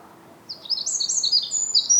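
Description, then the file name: Eurasian wren giving a brief burst of high, sharp, hurried notes and short trills, following a moment of quiet. "Troglodytes troglodytes"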